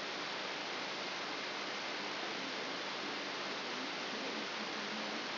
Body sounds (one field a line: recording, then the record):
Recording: brain microelectrode recording played as sound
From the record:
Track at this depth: outside the subthalamic nucleus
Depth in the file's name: 6.101 mm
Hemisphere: left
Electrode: 3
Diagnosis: Parkinson's disease